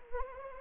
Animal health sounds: mosquito wingbeat signal from an infrared sensor; Anopheles arabiensis

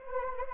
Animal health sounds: mosquito wingbeat signal from an infrared sensor; Anopheles arabiensis

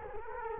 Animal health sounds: mosquito wingbeat signal from an infrared sensor; Culex quinquefasciatus

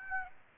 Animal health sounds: mosquito wingbeat signal from an infrared sensor; Aedes aegypti

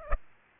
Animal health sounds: mosquito wingbeat signal from an infrared sensor; Aedes aegypti

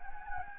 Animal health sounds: mosquito wingbeat signal from an infrared sensor; Anopheles gambiae

